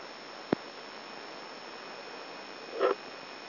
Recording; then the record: brain microelectrode recording played as sound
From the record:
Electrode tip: outside the subthalamic nucleus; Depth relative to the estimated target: 4 mm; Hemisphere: left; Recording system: AlphaMap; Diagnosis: Parkinson's disease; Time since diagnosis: 14 years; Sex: male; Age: 66 years